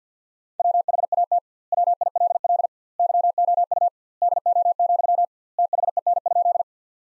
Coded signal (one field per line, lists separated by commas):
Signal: Morse code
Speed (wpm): 50 wpm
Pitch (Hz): 700 Hz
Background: none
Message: WHAT WILL YOU DO, THEN?